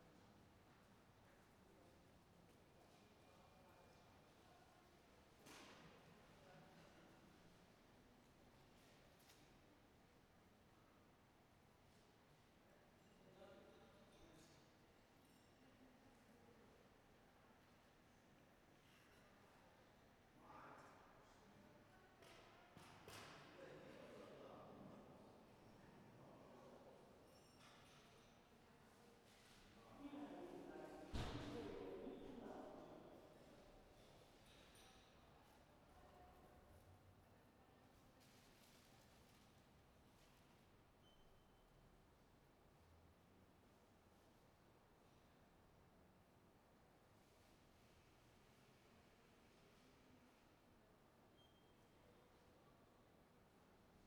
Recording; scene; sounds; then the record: everyday scene through a hearing-aid microphone; reverberant space; background noise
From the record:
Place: railway station hall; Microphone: behind the ear, right, rear